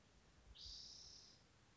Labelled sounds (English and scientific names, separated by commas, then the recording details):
Spotted Towhee (Pipilo maculatus)
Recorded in Sonoma County, California